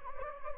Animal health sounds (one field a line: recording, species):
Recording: mosquito wingbeat signal from an infrared sensor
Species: Anopheles gambiae